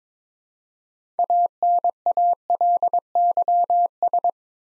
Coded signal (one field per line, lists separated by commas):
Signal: Morse code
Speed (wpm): 22 wpm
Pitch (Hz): 700 Hz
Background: none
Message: ANALYS